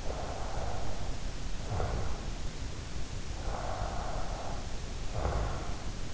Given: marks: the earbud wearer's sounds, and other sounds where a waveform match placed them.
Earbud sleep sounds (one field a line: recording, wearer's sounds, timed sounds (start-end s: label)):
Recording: sounds in sleep by an in-ear microphone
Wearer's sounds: snoring breath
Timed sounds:
0.00-2.23 s: snoring breath
3.35-5.70 s: snoring breath